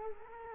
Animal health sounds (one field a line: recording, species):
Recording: mosquito wingbeat signal from an infrared sensor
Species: Culex quinquefasciatus